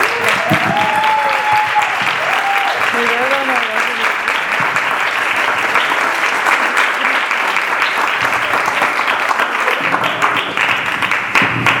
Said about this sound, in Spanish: Entonces, no digo más, se queda el foro abierto para muchas sorpresas y un gran aplauso para este presentador.